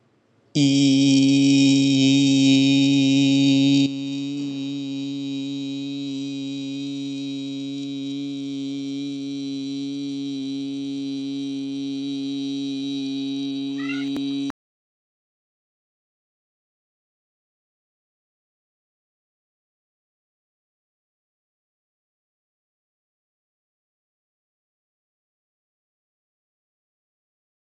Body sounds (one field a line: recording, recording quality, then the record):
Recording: sustained vowel as in beet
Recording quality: excellent, no background noise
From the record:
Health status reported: COVID-19 positive, mild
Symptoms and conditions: cough, cold, sore throat, fever, fatigue, muscle pain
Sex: male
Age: 25 years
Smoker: not ticked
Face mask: worn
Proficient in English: yes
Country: India